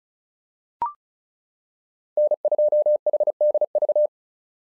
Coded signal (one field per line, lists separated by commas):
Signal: Morse code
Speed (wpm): 34 wpm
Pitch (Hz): 600 Hz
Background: none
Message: N2HDV